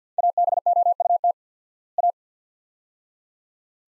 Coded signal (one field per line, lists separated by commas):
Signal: Morse code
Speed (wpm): 50 wpm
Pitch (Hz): 700 Hz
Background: none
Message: ABOUT A